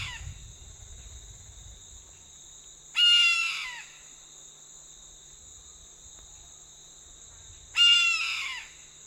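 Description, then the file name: Red-throated caracara giving loud, harsh, screeching calls about a second long, two calls roughly five seconds apart, over a steady high insect drone. "Canto do gaviao de anta"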